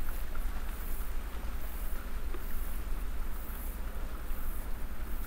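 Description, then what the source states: Domestic cat: quiet, even purring, a soft low drone. Real purring from a cat while snuggling, ASMR.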